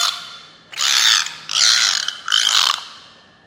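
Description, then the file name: Beluga whale making three loud, buzzy, squealing bursts with wavering high tones inside them. "zvuki belukhi"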